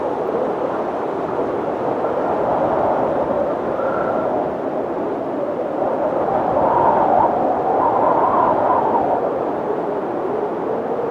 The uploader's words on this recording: Winter windstorm in the mountains. Three hours of cold wind sounds.